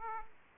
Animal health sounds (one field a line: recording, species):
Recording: mosquito wingbeat signal from an infrared sensor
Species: Aedes aegypti